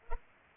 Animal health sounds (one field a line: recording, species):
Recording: mosquito wingbeat signal from an infrared sensor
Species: Culex pipiens